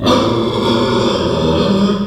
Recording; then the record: squeal of a Yucatan mini pig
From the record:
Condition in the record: after surgery on the right vocal fold (resection and tissue-engineered implant); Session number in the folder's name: 17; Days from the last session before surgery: 195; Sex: female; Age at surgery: 19 weeks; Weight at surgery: 25 kg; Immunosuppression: prednisolone